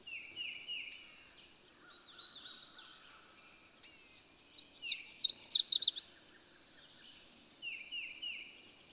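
Bird song: high repeated chirps and whistles at the start, then a loud rapid series of descending notes midway, with softer chirps returning near the end.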